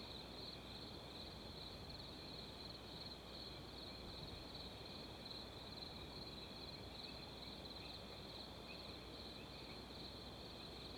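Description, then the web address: Steady high cricket trills run without pause beneath broad, rumbling wind noise. Wind in background. "Adobe CC. Ambience Wind With Crickets"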